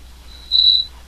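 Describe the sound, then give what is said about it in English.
A cricket chirps once: a thin, high-pitched trill that swells for about half a second and then stops, over a faint low hum. “The Pranfunkel's cricket. Who I'm still hearing.”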